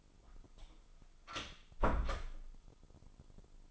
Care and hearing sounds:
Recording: daily activity, microphone in the room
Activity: close door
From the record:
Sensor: 5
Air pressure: 996.3 hPa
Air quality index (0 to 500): 38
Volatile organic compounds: 1 ppm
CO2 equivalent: 622 ppm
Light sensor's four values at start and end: 43/100/42/44 and 43/101/42/44

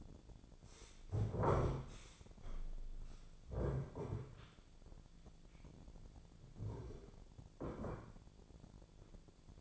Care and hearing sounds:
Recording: daily activity, microphone in the room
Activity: stand up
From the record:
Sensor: 5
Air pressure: 1008.3 hPa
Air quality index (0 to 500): 153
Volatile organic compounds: 3 ppm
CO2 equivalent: 1473 ppm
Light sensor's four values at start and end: 60/169/66/66 and 60/168/65/65

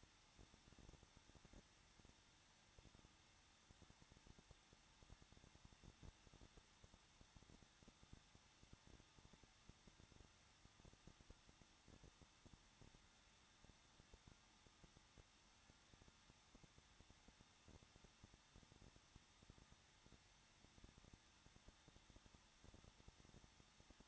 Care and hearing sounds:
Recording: daily activity, microphone in the room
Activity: no activity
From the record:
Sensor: 3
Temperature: 21.2 degrees Celsius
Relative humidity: 36.4%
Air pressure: 1006.3 hPa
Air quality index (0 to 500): 222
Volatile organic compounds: 42 ppm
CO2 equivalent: 3177 ppm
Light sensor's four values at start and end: 2/3/2/2 and 2/3/2/2

